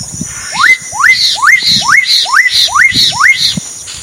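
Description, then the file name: Black-capped donacobius repeating a rising whistled note about twice a second, seven times, with low rumbling sounds and a continuous high insect drone. Recorded at Sertão, Mongaguá, São Paulo, Brazil, on 27 December 2016. "Donacobius-atricapilla-Sertao Mongagua-SP-27-12-16"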